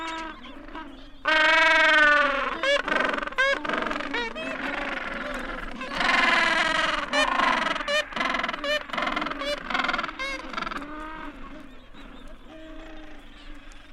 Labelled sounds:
Gentoo Penguin (Pygoscelis papua) call

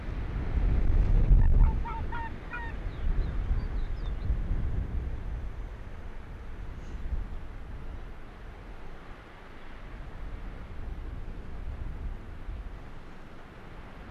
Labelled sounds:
Arctic Fox (Vulpes lagopus)

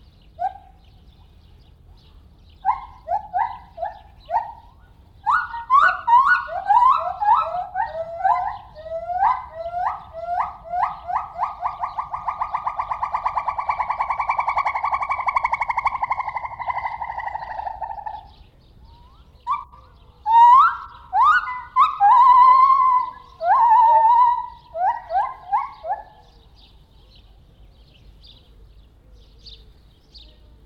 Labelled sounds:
Silvery Javan Gibbon (Hylobates moloch)

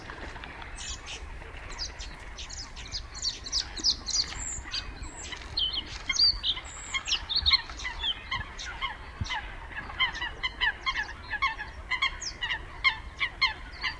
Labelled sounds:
Bluethroat (Luscinia svecica) song

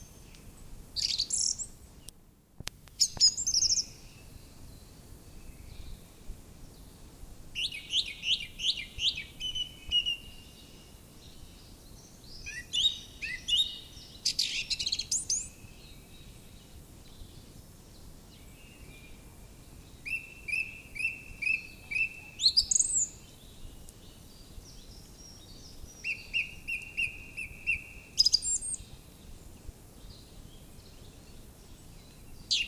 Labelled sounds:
Song Thrush (Turdus philomelos) song

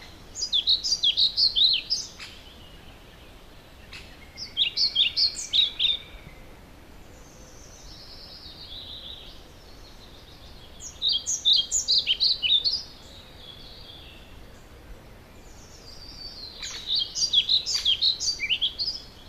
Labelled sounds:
European Pied Flycatcher (Ficedula hypoleuca) song

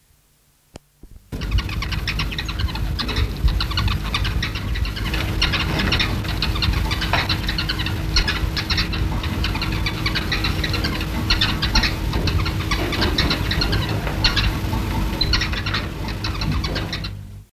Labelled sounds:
Bronze Mannikin (Spermestes cucullata) call

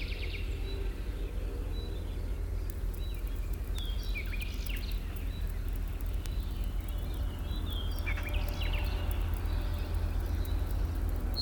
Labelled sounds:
Yellowhammer (Emberiza citrinella) song

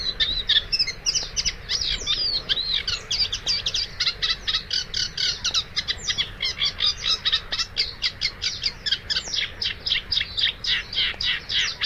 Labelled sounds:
Eurasian Reed Warbler (Acrocephalus scirpaceus) song

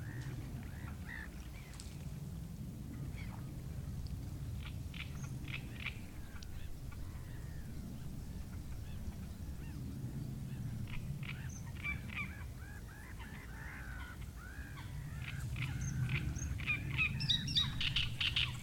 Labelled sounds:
Great Reed Warbler (Acrocephalus arundinaceus)

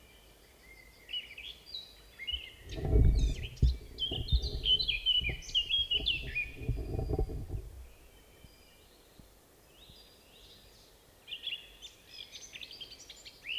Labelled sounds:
Eurasian Blackcap (Sylvia atricapilla) song

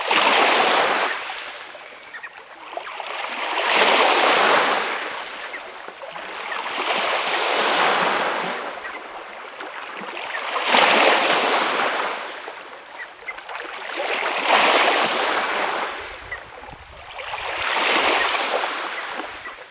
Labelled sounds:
Red Knot (Calidris canutus) call

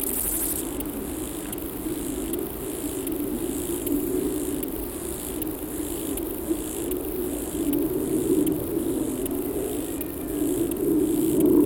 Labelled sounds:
Steppe Grasshopper (Chorthippus dorsatus) stridulation

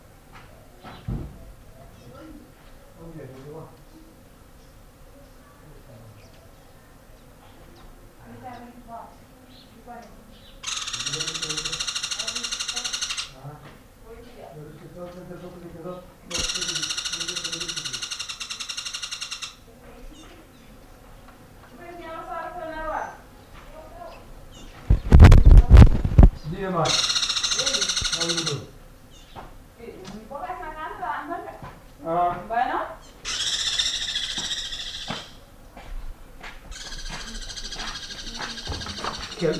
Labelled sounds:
Gray-headed Kingfisher (Halcyon leucocephala)

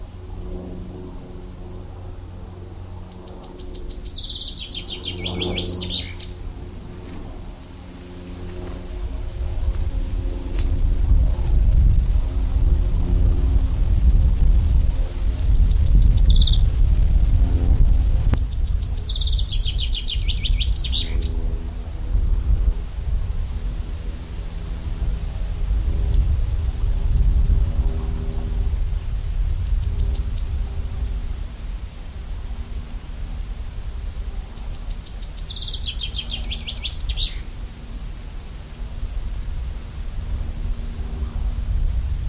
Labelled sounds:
Common Chaffinch (Fringilla coelebs) song

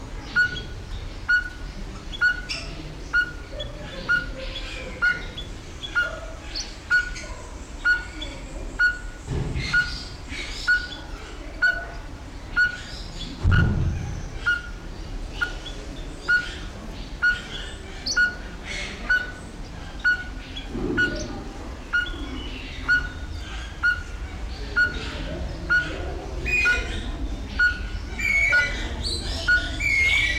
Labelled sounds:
Speckled Tinkerbird (Pogoniulus scolopaceus) call

